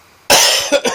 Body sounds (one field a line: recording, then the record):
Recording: coughing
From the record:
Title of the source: Dry Afternoon Cough